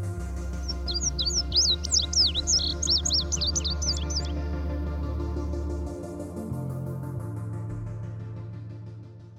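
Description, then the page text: Indigo Bunting song of quick, high paired notes in the first half, then stopping while low sustained tones continue alone. "Migrations: Indigo Bunting, Master Stargazer (BirdNote. Chirp Nature Center"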